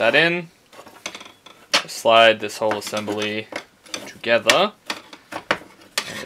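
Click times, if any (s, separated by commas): 5.5 s, 6.0 s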